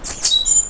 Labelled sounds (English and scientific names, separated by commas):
Stitchbird (Notiomystis cincta) song